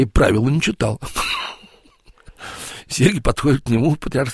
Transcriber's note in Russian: Смеется